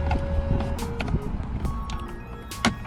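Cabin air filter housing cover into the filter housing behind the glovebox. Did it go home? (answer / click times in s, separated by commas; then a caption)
yes / 2.6 s. The plastic cabin air filter housing cover on a Ford Explorer, behind the glovebox, is pressed down into the filter housing with some light shuffling and handling sounds. Its clips snap into place with a sharp click at 2.7 s, and the cover is seated.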